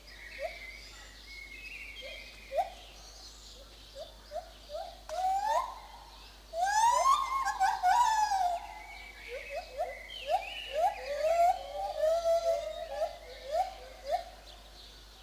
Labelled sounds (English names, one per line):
Lar Gibbon